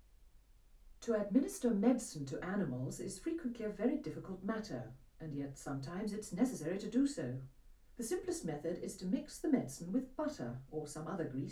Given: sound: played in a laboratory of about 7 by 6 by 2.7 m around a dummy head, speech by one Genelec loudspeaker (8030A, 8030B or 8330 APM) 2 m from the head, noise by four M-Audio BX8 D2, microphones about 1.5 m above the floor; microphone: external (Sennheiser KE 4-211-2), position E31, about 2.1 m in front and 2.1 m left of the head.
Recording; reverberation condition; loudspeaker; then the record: female speech in English; low; 60 degrees to the right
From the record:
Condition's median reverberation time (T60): about 310 ms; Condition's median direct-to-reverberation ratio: about 3.5 dB